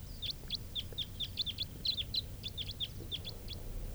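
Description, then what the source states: Red Crossbill flight calls, a rapid series of clipped, high chips, with faint low background noise. Wild crossbill flying in, identified as call type 4.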